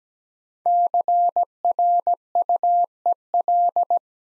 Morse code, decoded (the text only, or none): CRUEL